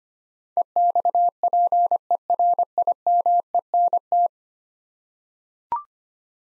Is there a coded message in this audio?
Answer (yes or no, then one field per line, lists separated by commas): yes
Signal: Morse code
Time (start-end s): 0.6-4.3 s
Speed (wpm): 25 wpm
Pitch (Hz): 700 Hz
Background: none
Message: EXPERIMENT